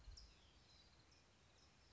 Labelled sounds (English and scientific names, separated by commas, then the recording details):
California Towhee (Melozone crissalis)
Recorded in Sonoma County, California